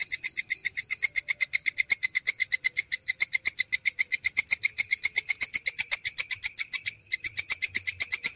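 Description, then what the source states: Canary song, loud buzzy notes repeated rapidly and evenly, about four per second, with one brief break near the seventh second before the series carries on. Canary song used as masteran, a training track for songbirds.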